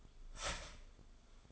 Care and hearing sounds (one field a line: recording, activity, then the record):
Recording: daily activity, microphone in the room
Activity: start toaster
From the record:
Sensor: 5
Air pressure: 1014.8 hPa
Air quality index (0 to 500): 203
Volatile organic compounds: 9 ppm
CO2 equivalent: 2166 ppm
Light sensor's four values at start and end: 15/35/13/12 and 15/35/13/12